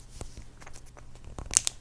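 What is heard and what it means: The plastic cap of a Simple Vape Co. 50/50 e-liquid bottle is twisted to break its tamper-evident seal, with soft crinkling and scraping at first. The seal gives with a loud click at 1.6 s and another at 1.7 s, releasing the cap so it can come undone.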